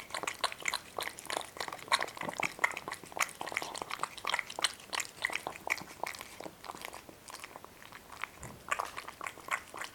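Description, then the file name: Cat eating noises: busy crunching and lapping clicks in rapid succession, with some wetter slurping patches. Two cats, named Boris and Ivo, eating. "Boris and Ivo two Cats are eating"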